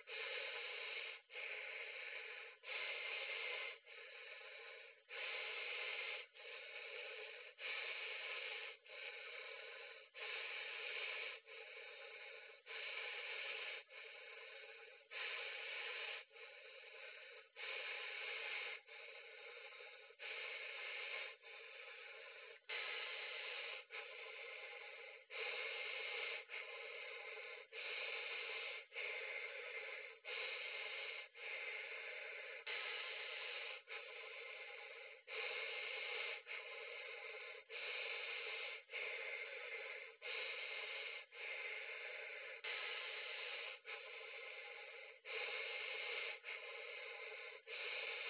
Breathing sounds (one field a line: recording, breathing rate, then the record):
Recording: paced breathing near a phone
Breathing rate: 24 breaths a minute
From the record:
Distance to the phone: 40 cm